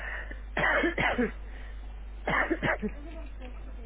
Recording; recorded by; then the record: voluntary cough; telephone call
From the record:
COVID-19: positive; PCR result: checked with the laboratory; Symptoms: no